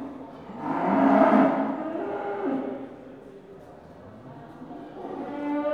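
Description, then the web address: Cattle moo, one strong bellow early on that fades out, with a fainter low call starting near the end. Cattle in pens at a market. "BBC Sound Effects Library BBC 35-Livestock. Cattle In Pens At Market"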